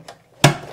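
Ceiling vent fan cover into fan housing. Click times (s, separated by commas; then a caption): 0.4 s. A bathroom ceiling vent fan's cover or grille is pushed up into the grooves of the fan housing. After a faint tap near the start, a sharp, loud snap at 0.4 s rings briefly and fades. The grille is seated in place.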